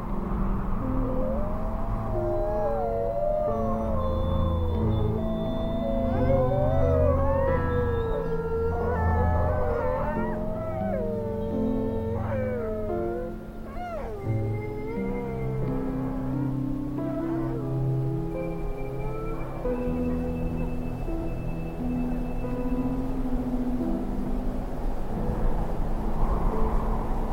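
Wolves howl together in overlapping, wavering voices that rise and bend, with several howls weaving through the first half and brief yips around fourteen seconds. Beneath them runs a steady low rumble, and the chorus thins into a few sustained notes later on.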